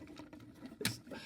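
The loose plastic cab section of a Transformers Studio Series 86-21 Commander Class Ultra Magnus action figure is pressed into the body. Faint plastic taps and handling sounds come before a sharp click at 0.9 s. The cab section, which kept coming loose, finally clips in and seats.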